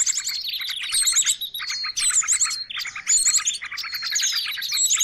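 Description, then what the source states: Birds calling busily, bursts of high chirps, whistles and fast trills with short pauses between bursts. Noisy mix of bird calls used for luring birds.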